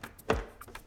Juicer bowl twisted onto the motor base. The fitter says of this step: until it locks. So now that it has locked into place,